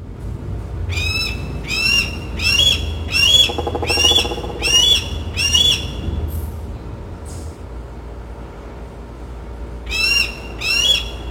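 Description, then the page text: Red-tailed hawk calling: a series of short, harsh notes repeated about every half second, a pause, then more calls, over a steady low rumble. Pair of red-tailed hawks resident in a neighborhood for a few weeks, one or both calling throughout the day; recorded on a Monday at 3:31 PM. "A few weeks ago, a pair of red-tailed hawks took up residence in the neighborhood. One or both of them can be heard calling throughout the day."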